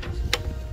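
A micro USB cable is plugged back into a polar scope camera, with a faint tap near the start and one sharp, bright click at 0.3 s as the plug seats. Low background rumble continues throughout the clip, and no one talks.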